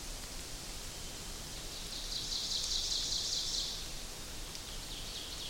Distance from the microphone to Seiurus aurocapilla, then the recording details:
about 55 m. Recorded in boreal forest in Alberta, Canada, on 2 June 2016 at 06:08. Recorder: SongMeter 3, array SBT-3-7. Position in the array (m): 193 m, 4 m. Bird 6